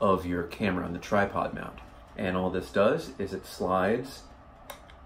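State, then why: Not seated. A small metal pin screwed into a camera's tripod mount is being handled toward a plastic-and-metal belt clip mount while someone talks. A brief sharp tick sounds near 4.7 s, but nothing has seated or clicked yet.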